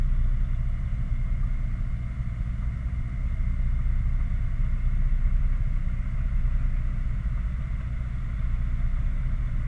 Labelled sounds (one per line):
machinery
flare stack